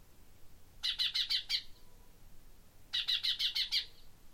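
Common chaffinch uttering two quick runs of five or six dry, ticking notes, separated by a short pause, over a faint background hiss.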